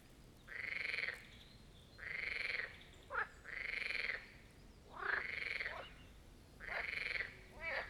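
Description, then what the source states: Marsh frog croaks: pulsed, rattling bursts under a second long repeat roughly every one and a half seconds, with short chuckling notes between. A chorus at the Birkensee, Schönbuch, Germany, recorded on one of the first proper hot summer days of 2023.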